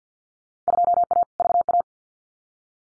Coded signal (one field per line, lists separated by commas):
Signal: Morse code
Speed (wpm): 50 wpm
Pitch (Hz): 700 Hz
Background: none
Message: 2A VA